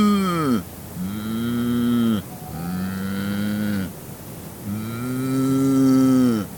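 Cow mooing in four lowing calls, with short quieter gaps between them.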